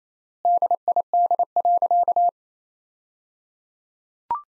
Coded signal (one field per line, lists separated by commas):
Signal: Morse code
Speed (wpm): 28 wpm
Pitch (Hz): 700 Hz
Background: none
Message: DID.